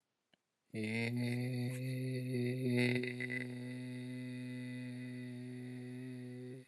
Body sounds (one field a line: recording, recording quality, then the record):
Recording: sustained vowel as in made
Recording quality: excellent, no background noise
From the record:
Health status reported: healthy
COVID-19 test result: negative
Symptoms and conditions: none ticked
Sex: male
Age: 24 years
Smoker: not ticked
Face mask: not worn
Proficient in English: yes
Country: India